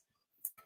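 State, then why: Seated. A metal cutting die is dropped into a plastic positioning template resting on cardstock and snaps into place, seated. A sharp, bright click sounds at 0.4 s, followed by a softer, duller knock at about 0.6 s, with near silence before.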